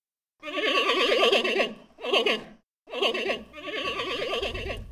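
Giant panda giving quavering bleats in several bouts, with a low rumble appearing near the end.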